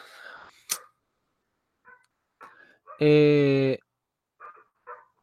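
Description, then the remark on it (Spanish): A single loud, drawn-out bark-like dog vocalization, steady and harmonic, lasting under a second, with a few short faint sounds and soft noises before and after. “¿Qué hay un perro ladrando?”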